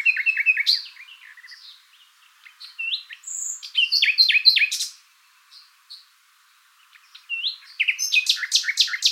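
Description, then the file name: Common nightingale song: repeated chirps, a pure whistle, scattered slurred phrases, a short silence, then a fresh burst of loud rapid notes. "Luscinia megarhynchos"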